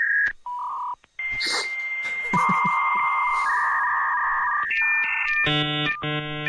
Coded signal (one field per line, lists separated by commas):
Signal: dial-up modem handshake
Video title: AOL to discontinue its dial-up internet service after 30 years